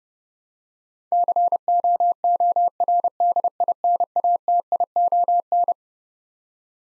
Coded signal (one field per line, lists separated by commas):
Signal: Morse code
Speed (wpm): 30 wpm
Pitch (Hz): 700 Hz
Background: none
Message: COORDINATION